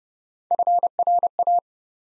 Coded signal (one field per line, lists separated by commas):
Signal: Morse code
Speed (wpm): 30 wpm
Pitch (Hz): 700 Hz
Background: none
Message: FRA